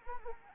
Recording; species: mosquito wingbeat signal from an infrared sensor; Anopheles arabiensis